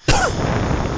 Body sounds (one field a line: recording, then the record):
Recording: coughing mixed with background sound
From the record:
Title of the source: Coughing 51